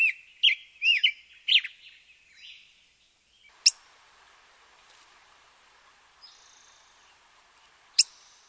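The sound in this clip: Black-headed grosbeak singing a short burst of rich, warbled, rising and falling whistled phrases, then a hushed stretch of faint hiss with a couple of sharp clicks.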